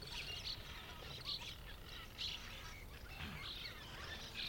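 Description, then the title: Cliff Swallows giving several bursts of short chirping calls over steady background noise. Thousands of swallows darting in and out of hundreds or thousands of cliff nests at a rookery; late morning; Columbia National Wildlife Refuge. "Cliff Swallows at Late-Morning At Columbia National Wildlife Refuge"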